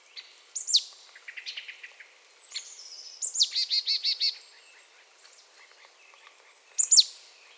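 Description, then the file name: Marsh tit calls: scattered thin high notes, then a quick run of several buzzy notes midway and a final sharp high call. "Poecile palustris"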